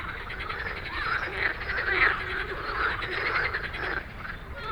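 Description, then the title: Dense frog chorus, a continuous blur of overlapping croaks with a few louder rattles standing out near the middle. Many frogs giving an evening chorus after dark in Stromovka Park, Prague; 18 May 2022 from 22:08, recorded with a Sony PCM-D100. "Stromovka Park, Prague - Frog concert at Stromovka after dark"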